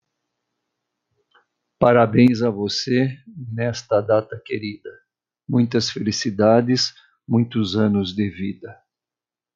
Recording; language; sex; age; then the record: short text; Brazilian Portuguese; male; 60 to 69 years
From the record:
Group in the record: control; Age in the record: 65 years